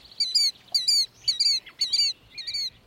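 Plover calling with sharp, ringing piped notes, each short and repeated roughly twice a second in a steady series.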